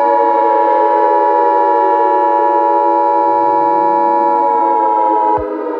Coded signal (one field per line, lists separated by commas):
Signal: Emergency Alert System (SAME) tones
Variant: 853 and 960 Hz attention tone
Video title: EAS Scenario 4: The Tiktok Data Transfer Conflict